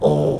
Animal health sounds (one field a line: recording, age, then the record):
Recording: pig call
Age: piglet (1 to 25 days)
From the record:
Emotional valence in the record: negative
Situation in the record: crushing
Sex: female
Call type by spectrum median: low-frequency call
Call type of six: low-frequency stable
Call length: 0.40 s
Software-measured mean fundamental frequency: 70 Hz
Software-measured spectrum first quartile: 214 Hz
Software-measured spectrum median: 410 Hz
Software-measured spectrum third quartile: 550 Hz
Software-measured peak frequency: 456 Hz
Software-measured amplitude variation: 94 dB a second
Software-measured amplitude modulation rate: 24.0 a second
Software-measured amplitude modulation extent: 3.9 dB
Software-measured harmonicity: 0.5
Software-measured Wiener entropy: -0.88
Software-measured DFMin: 1668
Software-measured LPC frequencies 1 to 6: 492, 3425, 5341, 6015, 7782, 9282 Hz